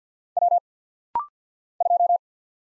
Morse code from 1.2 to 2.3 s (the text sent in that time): 2